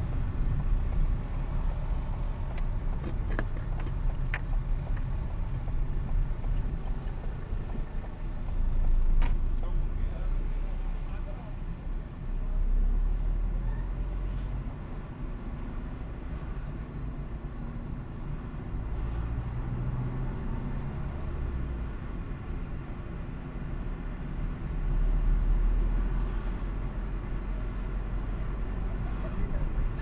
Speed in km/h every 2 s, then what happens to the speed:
15, 15, 12, 7, 10, 14, 16, 18, 21, 26, 33, 33, 26, 33, 35.
0-7 slows to 7. 7-20 speeds up to 33. 20-25 steady at about 33. 25-30 speeds up to 35.